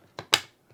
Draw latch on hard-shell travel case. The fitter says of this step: good positive click there, so you know it's closed and you can pull on it